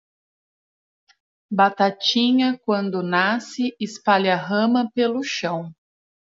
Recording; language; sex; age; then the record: short text; Brazilian Portuguese; female; 30 to 39 years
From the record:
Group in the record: control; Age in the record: 38 years